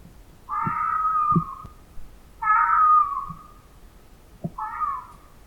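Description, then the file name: Fox giving drawn-out wailing cries, each about a second long and dropping slightly in pitch, three in a row roughly two seconds apart, with soft low thumps between. "Cry Of A Fox"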